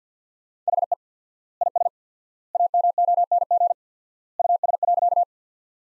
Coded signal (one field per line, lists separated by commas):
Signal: Morse code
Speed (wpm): 50 wpm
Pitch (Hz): 700 Hz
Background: none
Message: HE IS AMONG US.